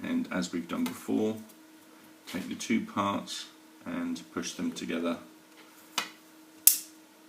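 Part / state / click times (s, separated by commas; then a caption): drone rotor guard into rotor guard support / seated / 6.7 s. Someone talks while pushing a plastic front rotor guard for a Sky Rider drone onto its plastic rotor guard support. After a softer tap at 6.0 s, a sharp click at 6.7 s marks the guard snapping into place, fully seated.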